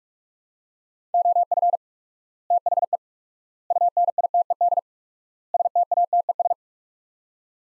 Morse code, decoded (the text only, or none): OF THE UNITED STATES